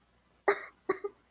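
Small coughing: two brief, soft cough bursts about half a second apart, the second ending in a short follow-on puff. Light, shallow coughs without wheeze or rattle, clean against a quiet background; a sound effect.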